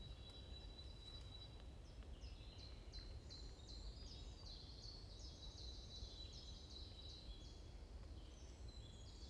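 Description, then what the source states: Chirping birds, a lively string of high, clipped notes set against a steady low hum. Morning birds chirping in a forest in Bosvoorde, Watermaal-Bosvoorde, Brussels, Belgium; described as peaceful ('rust'); recorded with an AMBE VR microphone.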